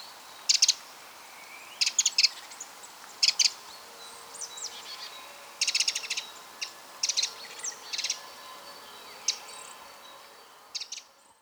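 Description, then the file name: Eurasian wren giving short, dry, high clicking bursts, each a quick cluster of ticks, repeated at irregular intervals over faint background hiss. "Troglodytes troglodytes"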